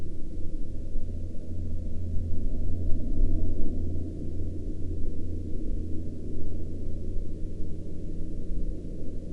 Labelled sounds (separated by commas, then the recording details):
aircraft
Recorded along the Dalton Highway, Alaska, on 23 April 2019 at 14:52
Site 09